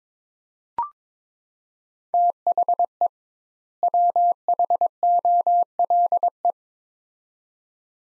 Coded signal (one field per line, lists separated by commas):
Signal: Morse code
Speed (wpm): 22 wpm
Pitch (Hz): 700 Hz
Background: none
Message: THE WHOLE